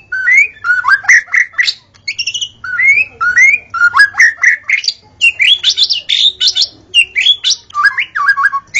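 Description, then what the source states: White-rumped shama song of repeated rising whistled notes and quick chattering phrases in rhythmic bursts, loud and clear throughout. Wild bird recorded in forest; natural song.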